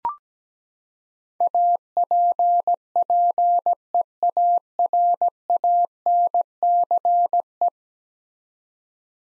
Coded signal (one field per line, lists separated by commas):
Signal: Morse code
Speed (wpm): 17 wpm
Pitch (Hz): 700 Hz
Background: none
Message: APPEARANCE